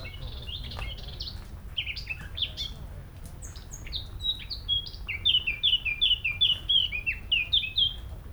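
Eurasian blackcap, soft scratchy chattering building into a loud series of clear, fluty, repeated down-slurred notes at the end; low background hum.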